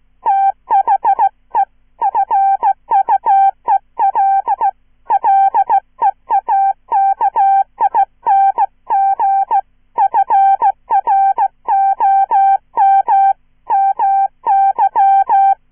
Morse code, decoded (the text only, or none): THE FUEL LEAKING FROM MY